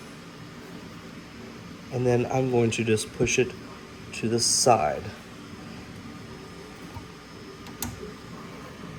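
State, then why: Seated. Someone talks while a new filament cutting blade is seated in the toolhead of a Bambu P1S or P1P 3D printer and pushed to the side until it latches. Against a steady low hum, a short, sharp click sounds at 7.8 s as the blade snaps into place.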